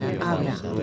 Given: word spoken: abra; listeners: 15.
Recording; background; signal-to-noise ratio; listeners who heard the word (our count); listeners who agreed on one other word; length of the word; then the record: one Spanish word in noise, from a listening test; eight-talker babble; 0.1 dB; 2 of 15; 12 of 15; 0.43 s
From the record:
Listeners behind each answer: 12, 2, 1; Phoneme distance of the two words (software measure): 10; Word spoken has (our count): 2 syllables, 4 phonemes, stress on syllable 1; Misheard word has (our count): 2 syllables, 4 phonemes, stress on syllable 1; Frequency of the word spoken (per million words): 6.88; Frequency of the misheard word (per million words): 108.79